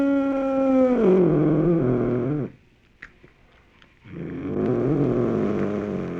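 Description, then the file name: Cougar wail that slides downward, then a pause of over a second before a rougher, wavering call begins. "mountain lion"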